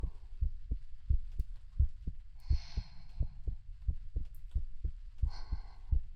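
Close-up adult heart sounds: a normal, steady heartbeat at about 88 beats per minute, with paired low thuds repeating through the clip.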